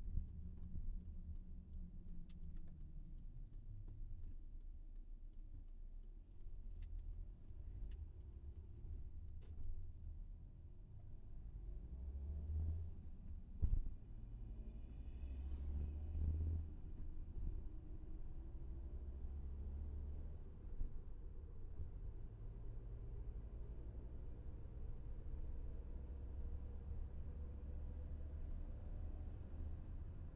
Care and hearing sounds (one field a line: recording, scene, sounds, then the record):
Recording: everyday scene through a hearing-aid microphone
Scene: in a vehicle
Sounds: engine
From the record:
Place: VW T5 Caravelle, diesel engine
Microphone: behind the ear, left, rear